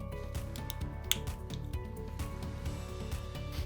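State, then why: Seated. A green plastic cover is pushed back onto a PS4 controller's analog stick module with the fingers, over steady background music with faint plastic handling sounds. It snaps into place with a sharp click at 1.1 s, and the cover is seated.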